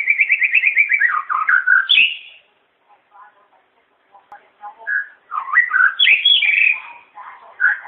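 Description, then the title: White-rumped shama song: a fast run of repeated notes sliding downward, a high flourish, softer scattered notes, then another loud varied whistled phrase. "murai batu"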